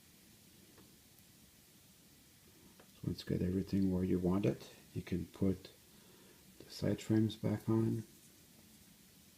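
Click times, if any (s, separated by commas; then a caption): none. Someone talks while handling the plastic side frame of an N scale Kato SD40 CP Rail model locomotive, getting it ready to press back onto the truck during a repair. Faint handling sounds sit under the talking, and nothing has seated or clicked into place yet.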